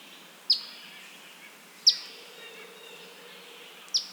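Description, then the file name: Eastern phoebe giving sharp, high, downslurred chip notes, three in about four seconds at uneven spacing, over a soft steady background hiss. "Eastern Phoebe - Sayornis phoebe"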